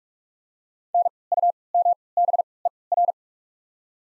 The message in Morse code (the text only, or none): NUMBER